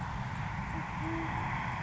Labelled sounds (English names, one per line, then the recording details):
Band-tailed Pigeon
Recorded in Sonoma County, California